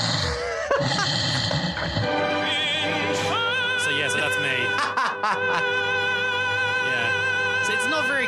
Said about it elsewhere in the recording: Sings in his sleep that's me snoring. Then in a minute I'll start singing.